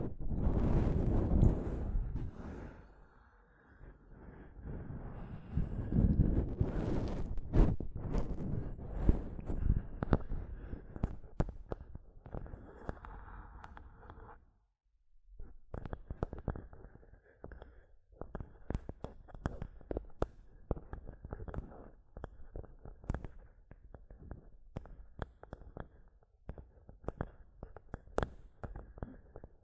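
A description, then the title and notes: Mic tapping and scratching, busy and uneven, with dense scratchy bursts and deep thumps through the first ten seconds. A brief silence falls near fifteen seconds. After that come lighter, thinner, clicky taps and scrapes, more clipped and spaced out. ASMR Mic Tapping and Scratching (No Talking).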